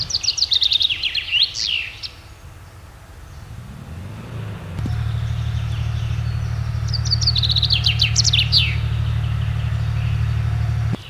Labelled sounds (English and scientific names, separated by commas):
Common Chaffinch (Fringilla coelebs) song